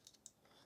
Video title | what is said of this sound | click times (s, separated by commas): Action 5 Pro 4 3 Replacement Battery | And you'll hear like a little click letting you know that they've been secured. | 0.3 s